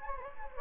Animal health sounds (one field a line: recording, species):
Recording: mosquito wingbeat signal from an infrared sensor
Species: Anopheles gambiae